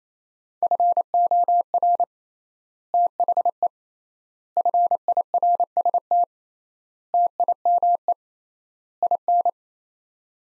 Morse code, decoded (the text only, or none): FOR THE FIRST TIME IN